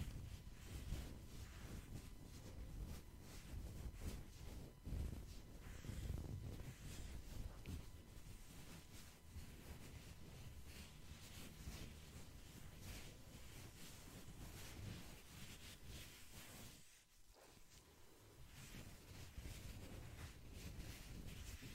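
Gloved hands rub and squish through lotion and cotton in a dense, continuous rustle that stays heavy in the low end. Brief sharper strokes and soft knocks break through now and then, especially around five to six seconds, and the sound thins briefly near seventeen seconds.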